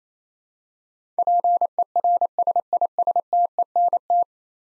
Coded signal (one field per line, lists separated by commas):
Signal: Morse code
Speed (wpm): 27 wpm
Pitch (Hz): 700 Hz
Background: none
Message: PERSISTENT